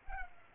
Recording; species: mosquito wingbeat signal from an infrared sensor; Culex pipiens